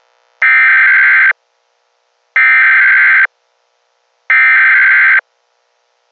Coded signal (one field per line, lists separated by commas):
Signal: Emergency Alert System (SAME) tones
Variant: header bursts